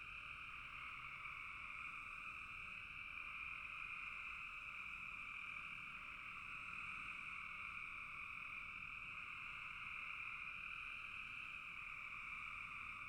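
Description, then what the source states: Massed frogs produce a constant, even trilling drone with two bright pitch layers, unchanging from start to finish. Several frogs in a bog.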